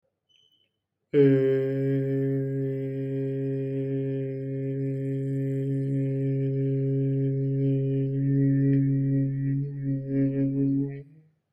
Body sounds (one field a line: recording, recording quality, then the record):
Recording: sustained vowel as in made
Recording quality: excellent, no background noise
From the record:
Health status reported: COVID-19 positive, mild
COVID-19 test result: positive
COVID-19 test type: RT-PCR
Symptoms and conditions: cough, sore throat, loss of smell and taste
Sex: male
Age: 24 years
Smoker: yes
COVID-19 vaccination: both doses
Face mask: not worn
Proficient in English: yes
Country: India